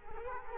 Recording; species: mosquito wingbeat signal from an infrared sensor; Culex quinquefasciatus